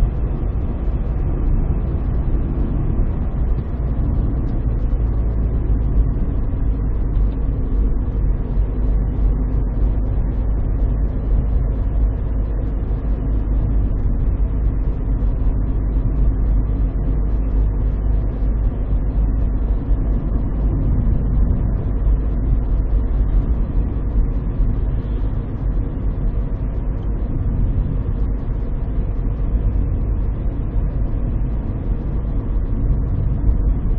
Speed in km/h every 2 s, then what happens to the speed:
64, 63, 59, 54, 56, 56, 56, 55, 55, 56, 56, 57, 58, 57, 57, 57, 57.
0-6 slows to 54. 6-34 steady at about 56.